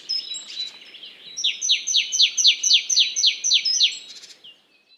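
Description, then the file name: Great tit calling: thin high notes, then a fast run of about a dozen sharp, descending ringing notes, roughly four each second, ending in a short buzzy rattle. "Parus major"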